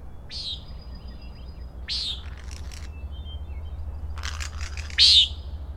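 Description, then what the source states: Common nighthawk: buzzy nasal peents separated by dry, stuttering rattles, one loud peent near the end, with low steady background hum. Three birds peenting and rattling, flying very closely as if in formation or chasing in territory, Schoodic Head overlook, Acadia National Park, Winter Harbor, Maine, June 16, 2017, 3:56 am, 46 degrees, partly cloudy; Fostex FR2 with ME 62 omni mic.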